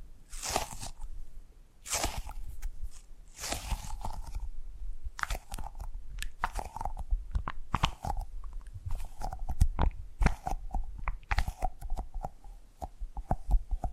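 Tapping and gripping sounds: uneven crunchy taps and scrapes, a few louder bursts early, then quicker lighter clicks continuing steadily to the end.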